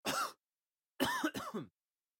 Male cough.